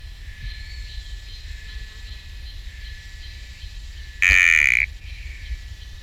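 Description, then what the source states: Sticky frog call: one loud, tonal, harmonic note of about half a second, standing out over a steady high insect chorus and low rumble. Recorded at Camp IV; genus Kalophrynus, species not identified.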